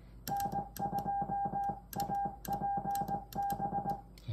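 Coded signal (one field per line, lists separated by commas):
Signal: Morse code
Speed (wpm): 16 wpm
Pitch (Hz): 800 Hz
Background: none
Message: N2APB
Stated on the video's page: Sent by the PicoMite Memory Keyer (PMK), a DIY kit Morse keyer for ham transceivers, shown with an OLED display.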